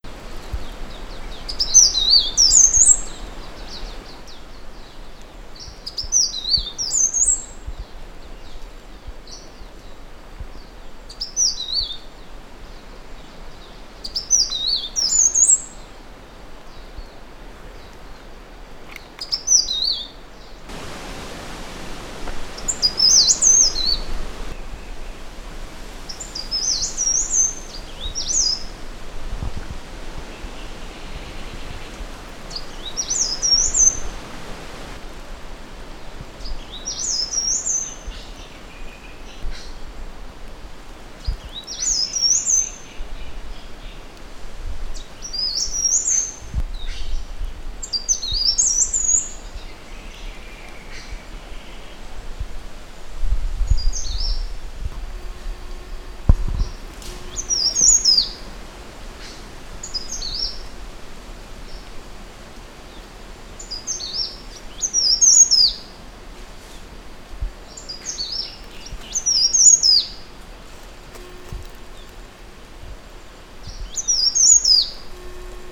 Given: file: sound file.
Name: Rote Leaf Warbler Song